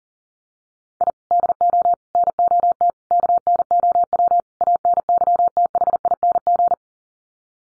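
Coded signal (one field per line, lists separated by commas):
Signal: Morse code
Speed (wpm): 40 wpm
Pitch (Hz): 700 Hz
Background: none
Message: I DO NOT KNOW ANYTHING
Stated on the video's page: Morse head-copy drill of common five-word groups at 40 wpm.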